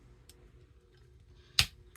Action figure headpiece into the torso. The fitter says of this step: Bring this whole headpiece down, and that will kind of click into place.